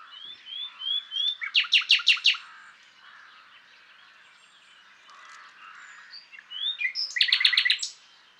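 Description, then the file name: Common nightingale singing: soft whistled notes leading into loud rapid repeated pulses, a quieter gap, then another intense stuttering burst near the end. "Luscinia megarhynchos"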